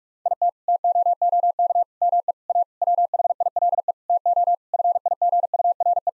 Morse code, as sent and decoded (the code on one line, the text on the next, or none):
.. - / - --- --- -.- / -- . / .- / .-- .... .. .-.. . / - --- / ..-. .. --. ..- .-. .
IT TOOK ME A WHILE TO FIGURE